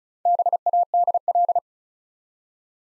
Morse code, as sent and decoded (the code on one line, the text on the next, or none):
-... .- -.. .-..
BADL